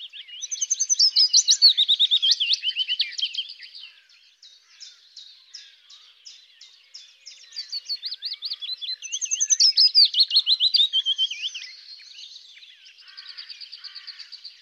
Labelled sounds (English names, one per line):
Willow Warbler song